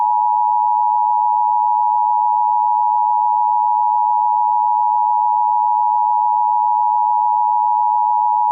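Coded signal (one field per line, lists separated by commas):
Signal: Emergency Alert System (SAME) tones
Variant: 853 and 960 Hz attention tone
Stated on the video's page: Fictional EAS scenario.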